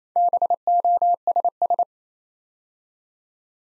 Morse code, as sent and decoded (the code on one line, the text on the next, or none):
-... --- ... ...
BOSS